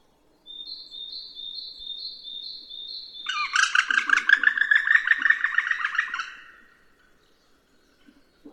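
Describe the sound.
Woodpecker call: a short series of thin, evenly spaced high notes, then a loud harsh, buzzy chattering burst lasting about three seconds before fading.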